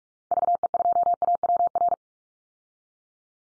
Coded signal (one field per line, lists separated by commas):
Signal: Morse code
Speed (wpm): 44 wpm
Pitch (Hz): 700 Hz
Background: none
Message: VE2AWR